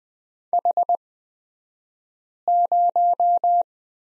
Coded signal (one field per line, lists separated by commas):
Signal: Morse code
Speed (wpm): 20 wpm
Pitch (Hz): 700 Hz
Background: none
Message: H0